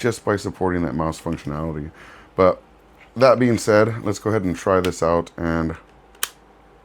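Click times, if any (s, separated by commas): 6.2 s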